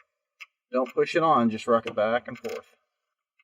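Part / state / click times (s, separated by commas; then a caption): hood gas strut end socket onto lower ball stud of vehicle hood bracket / not seated / none. The smaller end of a hood gas strut's ball socket is rocked back and forth, not pushed, over the lower ball stud on the hood bracket of a 2021-or-newer Ford Bronco. Someone talks through most of the clip, with a brief tick near 0.4 s and faint ticks at the start and around 3.4 s. Nothing has seated or clicked yet; the socket is still not home when the clip ends.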